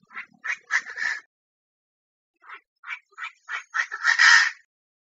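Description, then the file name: Chinese francolin calling in two bursts of harsh, grating notes, each run speeding up and swelling into a loud rasping finish; no other sounds. Female calling, Thailand. "tieng chim da da mai goi trong thai lan"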